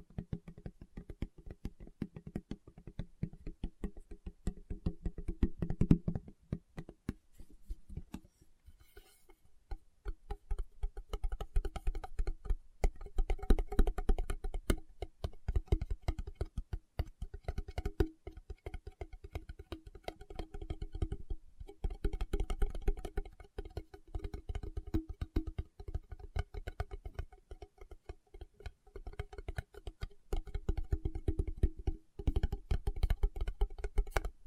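Fingertips tap rapidly and steadily on a surface, dense soft knocks with a dull low thud, briefly pausing near nine seconds.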